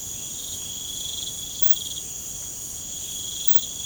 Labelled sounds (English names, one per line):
none